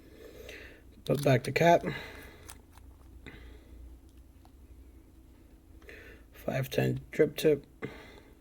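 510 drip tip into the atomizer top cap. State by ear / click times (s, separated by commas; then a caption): seated / 7.8 s. Someone talks while a 510 drip tip is pushed into the top cap of a GeekVape Griffin RTA rebuildable tank atomizer. A short, sharp pop at 7.8 s marks the tip seating firmly. It is then pulled on to show it is held solid.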